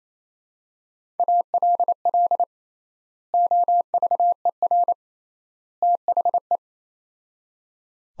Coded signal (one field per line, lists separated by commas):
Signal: Morse code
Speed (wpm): 28 wpm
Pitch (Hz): 700 Hz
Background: none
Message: ALL OVER THE